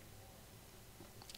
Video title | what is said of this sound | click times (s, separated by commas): How do you replace the battery in the Tesla Model X | take the battery and just insert it back in you can slide it in and press on it until it clicks in fairly | 1.3 s